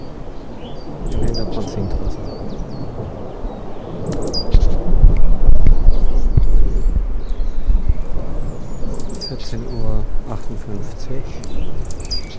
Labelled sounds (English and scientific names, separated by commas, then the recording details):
Great Tit (Parus major) song
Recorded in the wild
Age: adult
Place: Birken-Honigsessen, Westerwald, Rheinland-Pfalz, DE
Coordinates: 50.8192, 7.76194
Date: 1992-03-18 14:58
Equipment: Aiwa HD-S1, Sennheiser ME 80, 1:1 Kopie
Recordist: Frommolt, Karl-Heinz